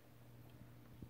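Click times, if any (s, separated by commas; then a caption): none. A two-colour ink roller is handled as it is pressed back toward its holder in the printing mechanism of a Sharp EL-1750V battery-powered adding machine. A steady low hum runs throughout with faint soft handling noises and a small low thump near 1.0 s. Nothing has seated or clicked yet.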